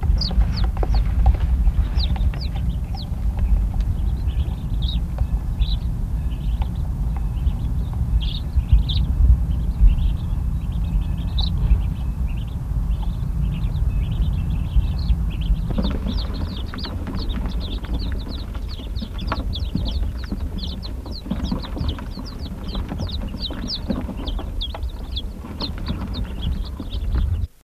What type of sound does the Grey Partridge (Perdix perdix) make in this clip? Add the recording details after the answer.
call. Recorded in captivity. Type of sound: call. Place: Mittelstendorf (Soltau), Niedersachsen, DE. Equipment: Halbspur, 9,5 cm/s. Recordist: Lütgens, Hans. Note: Rebhuhnzucht, fünftägig